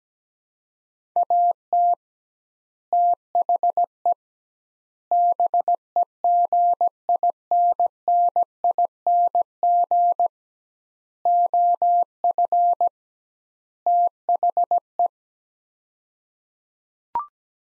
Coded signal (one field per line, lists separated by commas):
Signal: Morse code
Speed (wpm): 17 wpm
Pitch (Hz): 700 Hz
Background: none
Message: AT THE BEGINNING OF THE